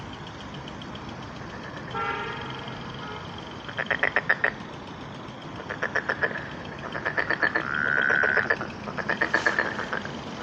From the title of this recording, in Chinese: 春日晚塘蛙鸣